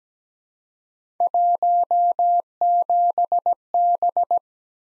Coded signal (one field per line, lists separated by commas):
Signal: Morse code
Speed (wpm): 17 wpm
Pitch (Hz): 700 Hz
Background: none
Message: 17B